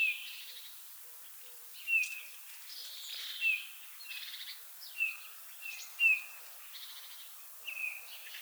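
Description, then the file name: Eurasian bullfinch calls, soft short whistled notes given irregularly, mixed with scratchy higher chirps over steady background hiss. "Pyrrhula pyrrhula"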